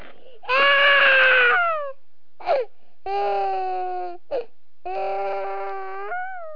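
A newborn baby cries in three sustained, tonal wails of about a second each, with short gasping inhalations between them. The pitch stays steady and then falls at the end of each cry.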